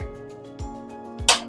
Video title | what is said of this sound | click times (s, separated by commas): ELECTRIC SCOOTER | കണ്ടോ അപ്പൊ അത് അവിടെ ലോക്ക് ആയിട്ടുണ്ട് | 1.3 s